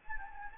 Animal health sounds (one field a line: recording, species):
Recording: mosquito wingbeat signal from an infrared sensor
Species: Anopheles gambiae